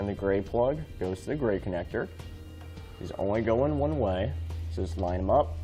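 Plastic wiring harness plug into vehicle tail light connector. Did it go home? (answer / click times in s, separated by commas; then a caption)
no / none. Someone talks while the plastic gray plug of a Curt T-connector trailer wiring harness, for the factory tow package on a 2016 Nissan Frontier, is lined up with the vehicle's gray tail light connector to be pressed in, over steady background music. The plug has not yet clicked or seated into the connector.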